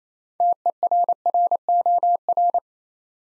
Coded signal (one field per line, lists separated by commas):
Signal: Morse code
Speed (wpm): 28 wpm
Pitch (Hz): 700 Hz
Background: none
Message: TERROR